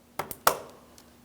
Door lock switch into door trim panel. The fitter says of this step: We'll line it up with the inside door handle and the door panel and press it in. Listen for an audible click.